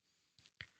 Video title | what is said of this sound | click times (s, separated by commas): Lockhart Tactical Raven 9 First Shots: An Excellent First Impression | and as you can see here it clicked in just fine there was no problem with that | 0.6 s